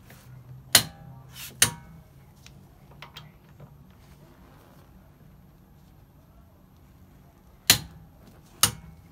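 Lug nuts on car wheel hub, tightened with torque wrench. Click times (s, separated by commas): 0.8 s, 1.6 s, 7.7 s, 8.6 s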